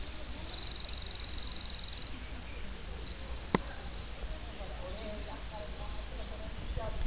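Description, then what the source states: Insect trilling: a high, steady buzzing trill in three bursts, with soft background noise between. Insects in Kamakura, Japan, on 5 November 2007.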